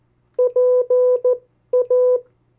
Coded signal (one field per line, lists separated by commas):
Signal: Morse code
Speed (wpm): 14 wpm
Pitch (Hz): 500 Hz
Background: none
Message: PA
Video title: 50 State Abbreviations, Variable speeds, in CW Video #1